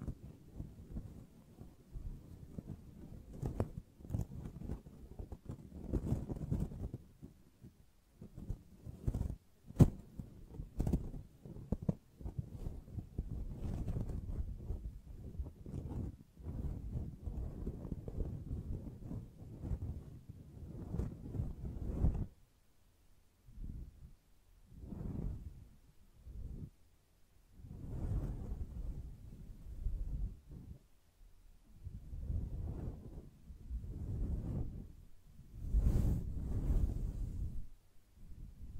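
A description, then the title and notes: Gentle brushing makes soft, low, muffled rumbling strokes. For the first twenty-odd seconds the strokes run together densely, with a few sharp ticks near ten seconds; afterward they slow into separate swells every two or three seconds, with quiet gaps between. ASMR Gently Brushing Your Brain (No Talking).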